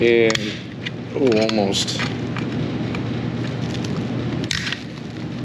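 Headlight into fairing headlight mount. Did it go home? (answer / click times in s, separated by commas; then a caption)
yes / 4.5 s. A headlight is pressed against spring tension into its mount in the fairing of an MB200/Widow Maker motorcycle while someone talks. Several lighter knocks come first, then one sharp snap at 4.5 s as the headlight seats, locked into place all the way around.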